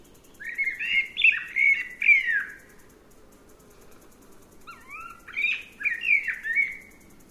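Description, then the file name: Eurasian blackbird singing two rich, fluty warbled phrases separated by a pause of about two seconds. "Turdus merula"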